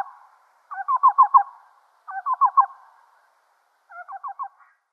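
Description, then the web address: Black-billed cuckoo with three bursts of hollow, rapid cu notes, several per group, spaced over a second apart with quiet gaps between. Display. "Schulze Peter Black-billed Cuckoo display"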